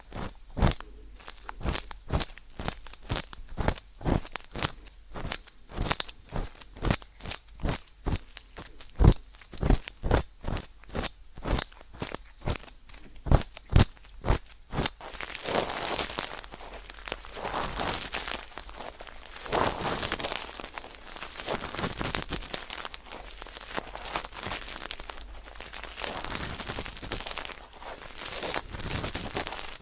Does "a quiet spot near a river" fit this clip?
no